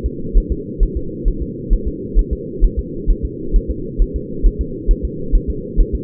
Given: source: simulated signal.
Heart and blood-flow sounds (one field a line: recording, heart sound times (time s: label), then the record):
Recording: fetal heart sounds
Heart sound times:
0.06 s: S2
0.38 s: S1
0.52 s: S2
0.83 s: S1
0.97 s: S2
1.28 s: S1
1.42 s: S2
1.73 s: S1
1.88 s: S2
2.19 s: S1
2.33 s: S2
2.64 s: S1
2.79 s: S2
3.10 s: S1
3.25 s: S2
3.56 s: S1
3.70 s: S2
4.02 s: S1
4.16 s: S2
4.46 s: S1
4.61 s: S2
4.91 s: S1
5.05 s: S2
5.35 s: S1
5.50 s: S2
5.80 s: S1
5.95 s: S2
From the record:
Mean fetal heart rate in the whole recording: 130 bpm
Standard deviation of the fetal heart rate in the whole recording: 4 bpm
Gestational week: 38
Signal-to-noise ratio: -4.3 dB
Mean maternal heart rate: 72 bpm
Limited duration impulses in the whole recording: present